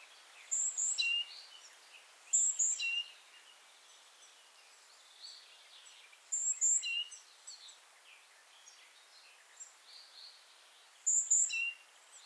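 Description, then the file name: Great tit calls: four phrases of very high paired notes dropping to a lower whistle, at irregular intervals, with fainter chirps in between. "Parus major"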